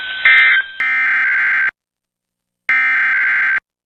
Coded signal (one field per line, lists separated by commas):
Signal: Emergency Alert System (SAME) tones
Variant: header bursts